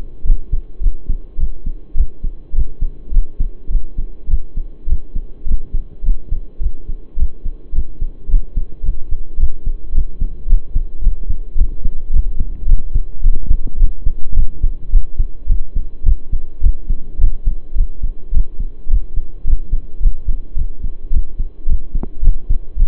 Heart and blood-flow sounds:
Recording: heart sounds by stethoscope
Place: between the tricuspid and mitral areas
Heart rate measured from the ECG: 107 bpm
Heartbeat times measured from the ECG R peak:
0.25 s: heartbeat
0.81 s: heartbeat
1.38 s: heartbeat
1.96 s: heartbeat
2.54 s: heartbeat
3.12 s: heartbeat
3.70 s: heartbeat
4.29 s: heartbeat
4.87 s: heartbeat
5.46 s: heartbeat
6.03 s: heartbeat
6.61 s: heartbeat
7.17 s: heartbeat
7.73 s: heartbeat
8.29 s: heartbeat
8.83 s: heartbeat
9.38 s: heartbeat
9.93 s: heartbeat
10.47 s: heartbeat
11.02 s: heartbeat
11.56 s: heartbeat
12.12 s: heartbeat
12.67 s: heartbeat
13.22 s: heartbeat
13.78 s: heartbeat
14.35 s: heartbeat
14.91 s: heartbeat
15.48 s: heartbeat
16.05 s: heartbeat
16.62 s: heartbeat
17.19 s: heartbeat
17.76 s: heartbeat
18.33 s: heartbeat
18.89 s: heartbeat
19.45 s: heartbeat
20.01 s: heartbeat
20.56 s: heartbeat
21.12 s: heartbeat
21.67 s: heartbeat
22.22 s: heartbeat
22.77 s: heartbeat
From the record:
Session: pedaling a stationary bicycle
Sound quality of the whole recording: saturated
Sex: male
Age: 23 years

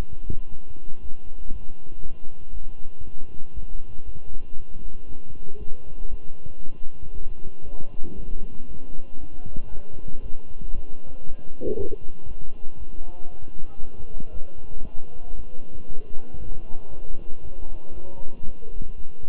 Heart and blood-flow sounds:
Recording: heart sounds by stethoscope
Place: between the tricuspid and mitral areas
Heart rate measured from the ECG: 117 bpm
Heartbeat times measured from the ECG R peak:
0.50 s: heartbeat
1.01 s: heartbeat
1.51 s: heartbeat
2.02 s: heartbeat
2.53 s: heartbeat
3.04 s: heartbeat
3.54 s: heartbeat
4.05 s: heartbeat
4.56 s: heartbeat
5.07 s: heartbeat
5.58 s: heartbeat
6.09 s: heartbeat
6.61 s: heartbeat
7.13 s: heartbeat
7.65 s: heartbeat
8.16 s: heartbeat
8.67 s: heartbeat
9.19 s: heartbeat
9.71 s: heartbeat
10.22 s: heartbeat
10.74 s: heartbeat
11.25 s: heartbeat
11.76 s: heartbeat
12.27 s: heartbeat
12.78 s: heartbeat
13.30 s: heartbeat
13.81 s: heartbeat
14.32 s: heartbeat
14.83 s: heartbeat
15.35 s: heartbeat
15.87 s: heartbeat
16.38 s: heartbeat
16.90 s: heartbeat
17.42 s: heartbeat
17.93 s: heartbeat
18.45 s: heartbeat
18.96 s: heartbeat
From the record:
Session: walking at 3.7 km/h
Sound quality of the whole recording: good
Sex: male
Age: 23 years

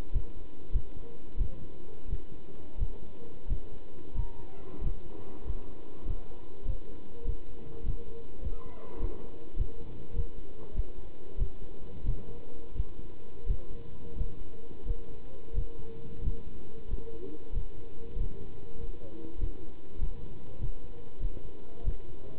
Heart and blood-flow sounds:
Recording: heart sounds by stethoscope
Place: between the tricuspid and mitral areas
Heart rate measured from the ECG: 94 bpm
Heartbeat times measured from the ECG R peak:
0.13 s: heartbeat
0.73 s: heartbeat
1.38 s: heartbeat
2.09 s: heartbeat
2.79 s: heartbeat
3.49 s: heartbeat
4.15 s: heartbeat
4.82 s: heartbeat
5.45 s: heartbeat
6.06 s: heartbeat
6.66 s: heartbeat
7.25 s: heartbeat
7.84 s: heartbeat
8.42 s: heartbeat
9.00 s: heartbeat
9.57 s: heartbeat
10.14 s: heartbeat
10.75 s: heartbeat
11.39 s: heartbeat
12.05 s: heartbeat
12.75 s: heartbeat
13.47 s: heartbeat
14.16 s: heartbeat
14.86 s: heartbeat
15.55 s: heartbeat
16.22 s: heartbeat
16.89 s: heartbeat
17.53 s: heartbeat
18.17 s: heartbeat
18.79 s: heartbeat
19.39 s: heartbeat
19.99 s: heartbeat
20.59 s: heartbeat
21.21 s: heartbeat
21.85 s: heartbeat
From the record:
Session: pedaling a stationary bicycle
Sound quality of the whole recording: good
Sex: male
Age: 27 years

